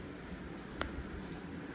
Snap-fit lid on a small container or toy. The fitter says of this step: இதை ஓபன் பண்ணும்போது ஒரு சூப்பர் சவுண்ட் வரும். கேட்டுதா